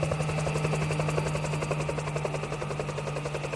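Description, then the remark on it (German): A helicopter carrying a state secretary from the mining ministry and heavily armed police flies over seven mountains to Junín, droning steadily with a rapid, pulsing rotor chop and a constant low engine hum, loud and unbroken throughout, with no voices. “5 Tage nach dem Übergriff kommt schließlich eine Staatssekretärin vom Bergbauministerium mit schwer bewaffneter Polizei in einem Hubschrauber über die 7 Berge nach Junin geflogen.”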